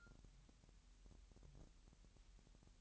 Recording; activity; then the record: daily activity, microphone in the room; take from stove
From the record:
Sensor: 3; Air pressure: 1001.9 hPa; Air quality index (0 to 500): 244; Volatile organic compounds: 46 ppm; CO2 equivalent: 3247 ppm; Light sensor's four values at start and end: 6/14/6/6 and 6/14/6/6